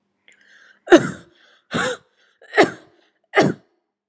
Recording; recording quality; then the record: heavy voluntary cough; excellent, no background noise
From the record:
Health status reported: healthy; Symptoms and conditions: none ticked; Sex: female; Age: 37 years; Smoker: not ticked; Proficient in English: yes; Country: India